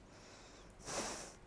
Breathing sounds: one breath in and out by a microphone near the nose and mouth; deep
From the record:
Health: marked as sick, illness not named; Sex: female

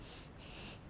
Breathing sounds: one breath in and out by a microphone near the nose and mouth; strong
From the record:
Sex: male

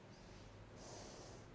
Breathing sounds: one breath in and out by a microphone near the nose and mouth; normal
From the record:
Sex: female

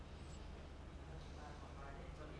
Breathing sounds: one breath in and out by a microphone near the nose and mouth; normal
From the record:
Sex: male

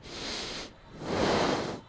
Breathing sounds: one breath in and out by a microphone near the nose and mouth; deep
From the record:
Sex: male

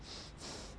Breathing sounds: one breath in and out by a microphone near the nose and mouth; strong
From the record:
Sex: male

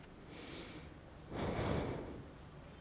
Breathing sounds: one breath in and out by a microphone near the nose and mouth; normal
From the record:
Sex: male

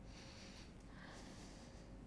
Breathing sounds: one breath in and out by a microphone near the nose and mouth; deep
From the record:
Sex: male

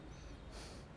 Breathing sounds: one breath in and out by a microphone near the nose and mouth; strong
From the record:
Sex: male

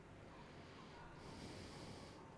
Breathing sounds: one breath in and out by a microphone near the nose and mouth; normal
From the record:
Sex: male

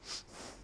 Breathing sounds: one breath in and out by a microphone near the nose and mouth; strong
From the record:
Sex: male

